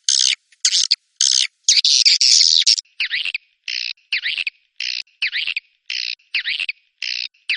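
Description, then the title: Swiftlet chirping calls, a few harsh raspy bursts, then evenly spaced twittering chirps roughly twice a second. "Suara Burung Wallet"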